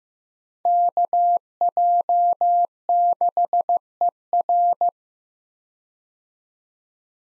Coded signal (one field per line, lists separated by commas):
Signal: Morse code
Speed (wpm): 15 wpm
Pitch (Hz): 700 Hz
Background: none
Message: KJ6ER